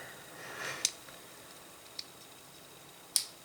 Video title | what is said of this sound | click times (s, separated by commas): LEGO Monkie Kid 2023 Yellow Tusk Elephant 80043 Build & Review | That one snapped. Okay, | 3.2 s